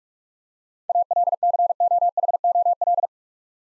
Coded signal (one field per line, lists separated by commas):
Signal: Morse code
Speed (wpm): 44 wpm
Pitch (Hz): 700 Hz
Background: none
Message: ALCOHOL